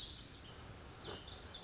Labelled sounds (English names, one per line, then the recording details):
Lazuli Bunting
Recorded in Sonoma County, California